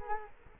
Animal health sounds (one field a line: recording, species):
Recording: mosquito wingbeat signal from an infrared sensor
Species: Culex quinquefasciatus